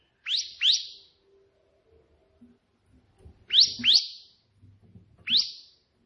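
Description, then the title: Prinia song: pairs of sharp, rising, buzzy notes and then a single one, separated by pauses, with faint low clicks in between. Three song variations ('tembakan') of a prenjak putih, offered as tutoring material (masteran) for pet prinias. "3 VARIASI TEMBAKAN prenjak putih ini COCOK untuk masteran prenjak anda"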